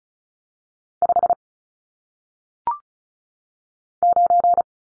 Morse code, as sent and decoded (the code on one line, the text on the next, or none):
..... / ----.
5 9